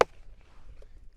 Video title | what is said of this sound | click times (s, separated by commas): Ultralight Camping and Hiking Stool for Less than $10 | You hear that click and then the press then can be clicked and it's ready | 0.0 s